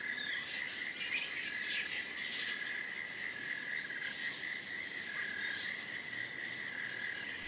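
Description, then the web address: Cicada song as a constant ringing buzz held without pause, overlaid by a higher, softly pulsing insect hiss. "bats-cicadas-01"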